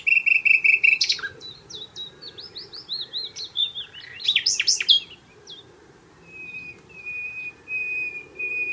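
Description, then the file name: Common nightingale song opening with a steady pulsed note series, then a string of slurred chirps and buzzy notes, ending with a long thin sustained whistle. "Luscinia megarhynchos"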